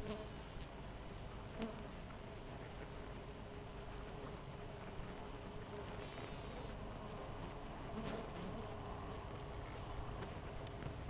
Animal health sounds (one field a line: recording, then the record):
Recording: honeybee colony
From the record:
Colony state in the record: missing queen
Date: 14 July 2017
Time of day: 6:39